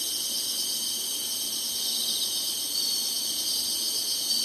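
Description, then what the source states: Insects in a steady, dense high-pitched chorus, a continuous shimmering buzz that never pauses, with no other clear sounds. Singing insects in summer.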